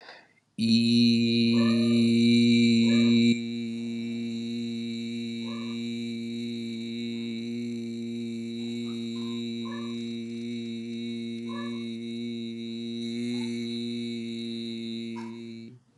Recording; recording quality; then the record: sustained vowel as in beet; excellent, no background noise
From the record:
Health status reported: exposed to COVID-19, no respiratory illness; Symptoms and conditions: cough, cold, breathing difficulty, sore throat, fever, fatigue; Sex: male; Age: 31 years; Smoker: no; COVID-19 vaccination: both doses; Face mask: not worn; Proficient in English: yes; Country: India